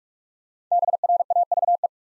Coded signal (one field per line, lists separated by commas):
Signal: Morse code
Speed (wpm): 44 wpm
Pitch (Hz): 700 Hz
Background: none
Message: BRAVE